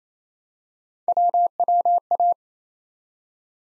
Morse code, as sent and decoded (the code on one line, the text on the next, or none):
.-- .-- .-
WWA